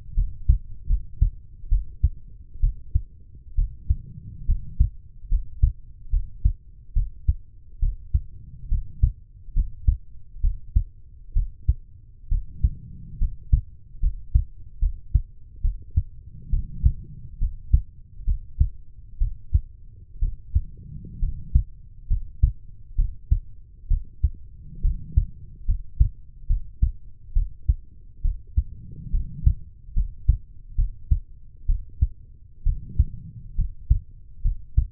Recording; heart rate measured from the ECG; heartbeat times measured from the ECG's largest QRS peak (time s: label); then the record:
heart sounds by stethoscope; 68 bpm
0.15 s: heartbeat
0.88 s: heartbeat
1.69 s: heartbeat
2.61 s: heartbeat
3.56 s: heartbeat
4.46 s: heartbeat
5.29 s: heartbeat
6.11 s: heartbeat
6.94 s: heartbeat
7.80 s: heartbeat
8.69 s: heartbeat
9.54 s: heartbeat
10.41 s: heartbeat
11.34 s: heartbeat
12.29 s: heartbeat
13.19 s: heartbeat
14.00 s: heartbeat
14.80 s: heartbeat
15.62 s: heartbeat
16.50 s: heartbeat
17.39 s: heartbeat
18.25 s: heartbeat
19.19 s: heartbeat
20.20 s: heartbeat
21.20 s: heartbeat
22.08 s: heartbeat
22.96 s: heartbeat
23.88 s: heartbeat
24.82 s: heartbeat
25.66 s: heartbeat
26.47 s: heartbeat
27.33 s: heartbeat
28.22 s: heartbeat
29.11 s: heartbeat
29.94 s: heartbeat
30.76 s: heartbeat
31.66 s: heartbeat
32.63 s: heartbeat
33.56 s: heartbeat
34.42 s: heartbeat
From the record:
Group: healthy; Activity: cold pressor test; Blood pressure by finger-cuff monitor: 101/63 mmHg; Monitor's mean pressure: 76 mmHg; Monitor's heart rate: 68 bpm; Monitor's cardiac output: 5.7 L/min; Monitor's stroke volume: 84 mL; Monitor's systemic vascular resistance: 950 dyn s/cm5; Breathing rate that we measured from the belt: 14 breaths a minute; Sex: female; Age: 23 years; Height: 160 cm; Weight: 50.4 kg